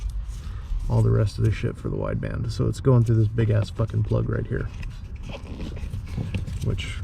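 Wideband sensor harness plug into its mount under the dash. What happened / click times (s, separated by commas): The plug is handled but not yet seated / none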